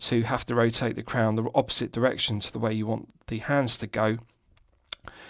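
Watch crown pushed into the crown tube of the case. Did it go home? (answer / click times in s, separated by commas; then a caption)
yes / 4.9 s. Someone talks for about four seconds, then after a short quiet stretch the steel crown of a mechanical watch is pushed back from the setting position into the crown tube of the case, before being screwed down. It seats with a sharp, positive click at 4.9 s, with fainter ticks around it.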